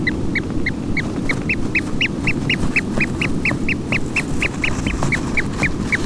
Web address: aves-marinhas painho-monteiro Cantos-Crias